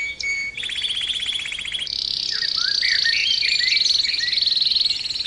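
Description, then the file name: Canary song: a brief whistle, a rattling trill, then a long high sustained roll with short slurred notes interspersed. Canary 'terapi' (therapy) song recording, intended for training birds. "kenari terapi omkicau"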